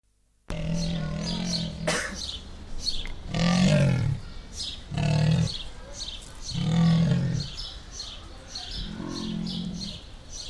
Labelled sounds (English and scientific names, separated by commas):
Leopard (Panthera pardus) call